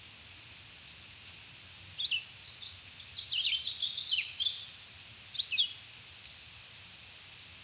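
Swainson's warbler singing a series of slurred, descending notes, with sharp high chips at intervals.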